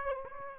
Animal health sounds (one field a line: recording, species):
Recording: mosquito wingbeat signal from an infrared sensor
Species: Aedes aegypti